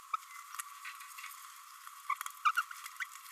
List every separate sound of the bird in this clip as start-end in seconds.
0.13-0.16, 2.10-2.14, 2.45-2.51, 2.56-2.63, 3.00-3.05